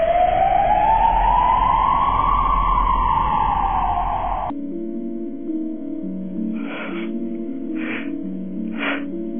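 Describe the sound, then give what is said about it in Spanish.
An ambulance siren wails, its pitch sweeping up and slowly back down, then gives way to a steady, buzzing multi-tone drone broken by three short, sharp bursts. No one speaks. “Por favor, llamen a una ambulancia.”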